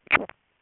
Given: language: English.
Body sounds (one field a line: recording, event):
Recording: throat vibration sensor signal played as sound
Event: swallow